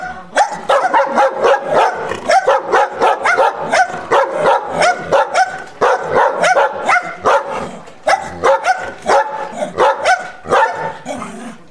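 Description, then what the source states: Dog barking angrily, a rapid and nearly continuous run of harsh, loud barks that go on for almost twelve seconds with only brief pauses. A large dog barking angrily.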